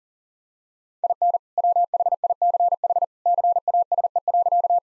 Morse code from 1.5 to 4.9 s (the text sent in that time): WHICH CASE.